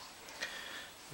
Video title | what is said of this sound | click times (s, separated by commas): Defective - Viltrox DG M43 Extension Tubes | find it doesn't lock in place | none